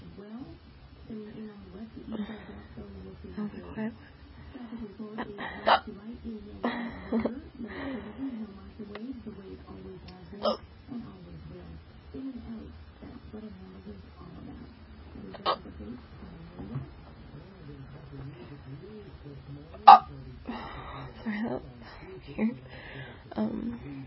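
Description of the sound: Quiet, casual speech from one adult is cut into by about six sharp, abrupt hiccup clicks over roughly 24 seconds, about one every four to five seconds. This is a steady bout of hiccups from involuntary diaphragm spasms interrupting talking.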